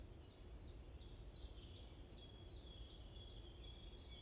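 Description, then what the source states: Bird chirping in a steady run of short, high, falling notes, roughly two or three each second, alongside a faint thin whistle and constant low background hum. Morning birds chirping in a forest at Bosvoorde, Watermaal-Bosvoorde, Brussels, Belgium; described as peaceful; recorded with an AMBE VR microphone.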